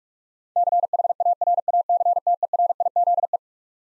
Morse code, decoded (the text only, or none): CHARACTERIZE